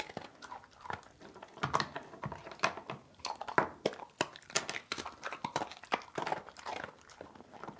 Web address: Animals Dog Wheaten Terrier Eat Treat Movement Tile Floor. SFXBible